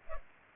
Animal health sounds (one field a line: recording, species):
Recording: mosquito wingbeat signal from an infrared sensor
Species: Culex pipiens